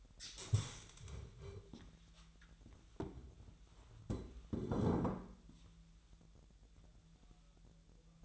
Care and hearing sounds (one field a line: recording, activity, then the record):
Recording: daily activity, microphone in the room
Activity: stand up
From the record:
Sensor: 3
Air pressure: 1001.5 hPa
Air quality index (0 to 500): 247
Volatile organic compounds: 140 ppm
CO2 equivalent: 3977 ppm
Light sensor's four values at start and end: 12/27/11/11 and 8/18/8/8